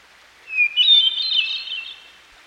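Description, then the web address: Hermit thrush, a single song phrase beginning with a pure whistled note, then a rising, swirling run of ethereal tones, set against steady water noise. By a stream. "Dan Gibson Songbirds By The Stream. Hermit Thrush"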